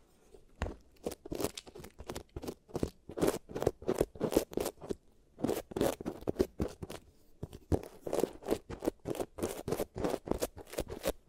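Dental treatment sounds for giant teeth: rapid, irregular crisp crunching and scraping bursts, bright and clicky, with brief pauses near six and seven seconds.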